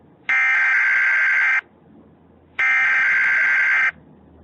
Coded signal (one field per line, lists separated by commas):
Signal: Emergency Alert System (SAME) tones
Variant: header bursts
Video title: EAS Scenario: A Drunkin Rampage in Quahog, RI (Family Guy Edition)